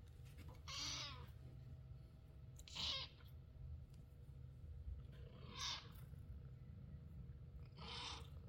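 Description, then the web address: Domestic cat kittens mewing: four thin, high, wavering cries spaced about two to three seconds apart, each brief, over a low steady rumble in the background. "cat chloe kittens"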